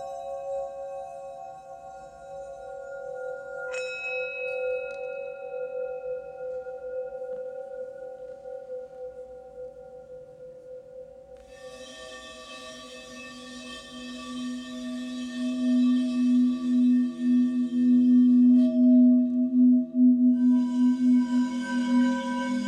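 Healing bowls ring with long, steady sustained tones, several pitches layered and slowly fading. Around the 4 second mark a light strike adds a bright ping, and from about 12 seconds a low hum swells and pulses, growing louder toward the end with a shimmering wash above.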